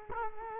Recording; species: mosquito wingbeat signal from an infrared sensor; Culex quinquefasciatus